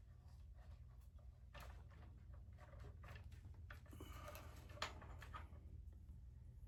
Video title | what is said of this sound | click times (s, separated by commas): GI Joe Classified Hasbro Pulse Exclusive #171 Awe Striker & Crankcase review | Oh yeah, CB pops into place, too. | 4.8 s